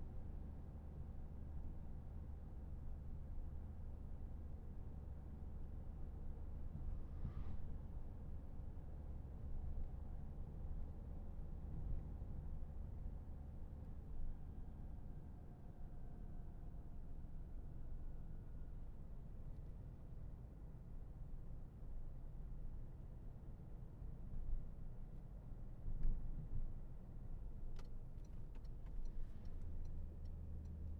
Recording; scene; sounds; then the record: everyday scene through a hearing-aid microphone; in a vehicle; engine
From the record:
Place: Berlingo II, diesel engine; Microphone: behind the ear, left, rear